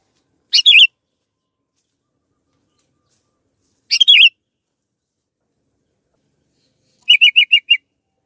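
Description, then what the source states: Canary song: two brief buzzy warbled bursts about three seconds apart, then a fast trill of five sharp repeated notes, with quiet gaps between. Long canary song used as master audio for training birds.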